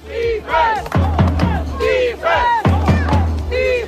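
A big crowd of American football fans, out in the cold, chants and cheers loudly at the Warsaw derby in Poland in rhythmic bursts, with a deep booming drum beat pounding underneath and many overlapping voices rising and falling together.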